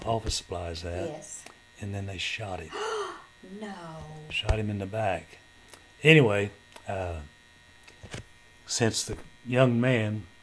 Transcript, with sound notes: office supply is at.
Yes.
And then they shot him.
(Gasp) No!
Shot him in the back. Anyway, since the young man